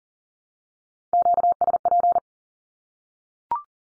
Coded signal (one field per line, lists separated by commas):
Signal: Morse code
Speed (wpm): 40 wpm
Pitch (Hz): 700 Hz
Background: none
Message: QSP